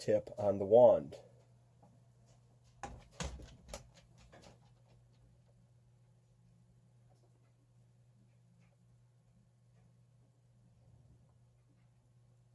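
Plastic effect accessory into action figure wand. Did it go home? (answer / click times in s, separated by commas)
no / none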